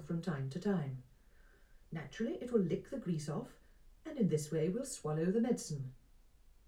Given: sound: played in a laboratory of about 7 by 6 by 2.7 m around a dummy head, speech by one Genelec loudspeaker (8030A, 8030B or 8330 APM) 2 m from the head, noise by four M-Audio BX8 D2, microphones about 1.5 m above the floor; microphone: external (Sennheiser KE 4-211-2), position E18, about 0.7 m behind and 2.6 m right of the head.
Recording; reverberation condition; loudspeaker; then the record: female speech in English; low; 120 degrees to the left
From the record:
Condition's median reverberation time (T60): about 310 ms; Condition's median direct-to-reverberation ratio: about 3.5 dB